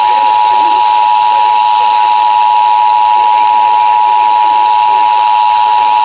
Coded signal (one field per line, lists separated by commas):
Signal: Emergency Alert System (SAME) tones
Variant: 853 and 960 Hz attention tone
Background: speech